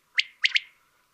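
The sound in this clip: Common quail giving one sharp three-note phrase, a single liquid note followed by a quick double, with nothing else audible.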